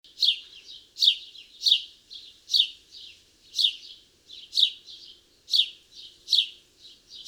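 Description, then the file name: House sparrow calling with loud, bright chirps spaced about a second apart, each trailed by softer chattering notes, continuing steadily throughout. "Passer domesticus"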